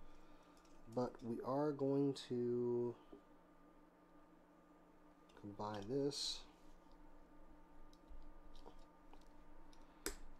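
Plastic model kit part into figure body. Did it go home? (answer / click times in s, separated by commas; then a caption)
yes / 10.1 s. Someone talks while a plastic snap-fit part from a Voltron Super Mini-Pla model kit is pressed onto the body of the figure, with a few faint clicks and handling sounds. A sharp, loud click at 10.1 s marks the part seating into place.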